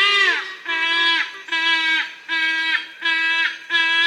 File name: yellow casqued hornbills birds singing